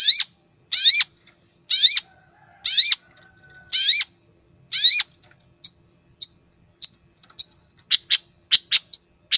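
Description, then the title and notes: Long-tailed shrike calls: six loud, grating rasps about a second apart, followed by quick high ticks and sharp notes. Training recording for cage birds (masteran). "Cendet 07. Masteran Burung Cendet"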